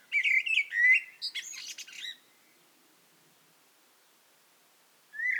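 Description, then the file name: Eurasian blackbird singing one fluted, warbling phrase that breaks into a squeaky high twitter, then a long silence before a new phrase begins at the very end. "Turdus merula"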